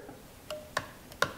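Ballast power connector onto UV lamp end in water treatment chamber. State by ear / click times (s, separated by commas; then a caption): seated / 1.2 s. An installer slides the ballast power cord connector onto the end of the UV lamp in a Viqua VT1 DWS under-sink UV drinking water system and pushes it all the way home. Several short taps and clicks are heard, from 0.5 s on, over a quiet background. The loudest sharp snap at 1.2 s is the connector seating fully on the lamp end.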